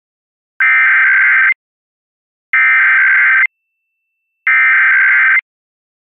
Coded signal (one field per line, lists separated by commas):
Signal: Emergency Alert System (SAME) tones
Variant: header bursts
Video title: Pennsylvania Required Monthly Tests (3/18/21)(EAS 620-626)